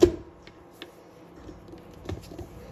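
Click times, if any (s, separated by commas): none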